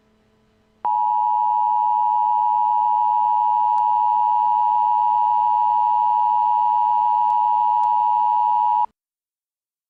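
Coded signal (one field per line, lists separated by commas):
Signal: Emergency Alert System (SAME) tones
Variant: 853 and 960 Hz attention tone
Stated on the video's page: Simulated EAS scenario built from others' resources.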